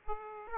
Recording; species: mosquito wingbeat signal from an infrared sensor; Aedes aegypti